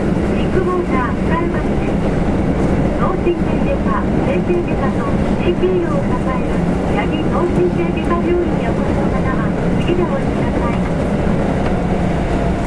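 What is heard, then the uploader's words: A Kintetsu 7000 series train runs steadily, with a dense, constant low rumble that holds an even level throughout. Faint voices murmur underneath, and brief higher squeals and tones flicker in and out, especially between about three and nine seconds. 近鉄7000系 地下鉄中央線 本町から長田まで. It is a running sound of a Kintetsu 7000 series train. I recorded on the Osaka city subway Chuo Line of a direct drive destination.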